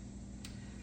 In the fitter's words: And there's 2 little tabs on the bottom that just snap right in.